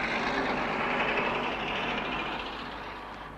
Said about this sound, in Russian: Автобус, а за ним легковая машина, уезжают.